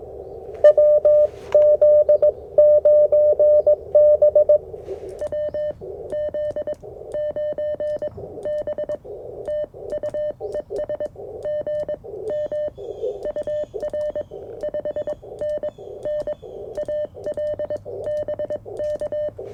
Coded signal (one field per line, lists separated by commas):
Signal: Morse code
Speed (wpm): 21 wpm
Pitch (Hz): 600 Hz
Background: none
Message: WZ9B WZ9B TU ES GM UR 5NN AL BK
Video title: CFT1 by KM4CFT First Impressions - & QRP CW POTA